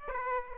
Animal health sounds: mosquito wingbeat signal from an infrared sensor; Aedes aegypti

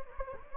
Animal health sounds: mosquito wingbeat signal from an infrared sensor; Anopheles gambiae

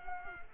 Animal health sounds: mosquito wingbeat signal from an infrared sensor; Culex quinquefasciatus

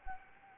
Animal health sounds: mosquito wingbeat signal from an infrared sensor; Anopheles gambiae

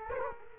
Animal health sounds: mosquito wingbeat signal from an infrared sensor; Culex quinquefasciatus

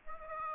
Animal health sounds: mosquito wingbeat signal from an infrared sensor; Aedes aegypti

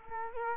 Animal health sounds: mosquito wingbeat signal from an infrared sensor; Culex quinquefasciatus

